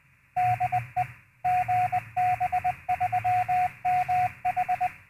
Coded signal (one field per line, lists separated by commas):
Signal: Morse code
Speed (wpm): 20 wpm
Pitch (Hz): 730 Hz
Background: radio noise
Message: DE GB3MH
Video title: Langstone Project - SDR Transceiver using an Adalm PlutoSDR